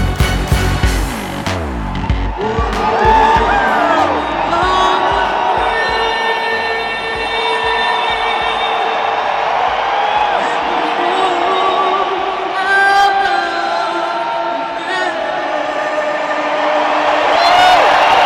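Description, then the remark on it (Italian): A huge crowd of 80,000 at Wembley Stadium, the football ground, roars and chants without pause, thousands of voices merging into a loud, dense wall of sound that swells and surges, with a few sharp shouts breaking through. “Ebbene, quello che sentite è l'urlo degli 80.000 di Wembley.”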